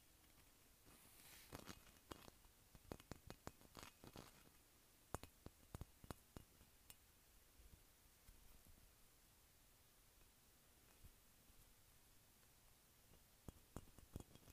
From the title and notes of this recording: ASMR Tapping Bumpy Glass.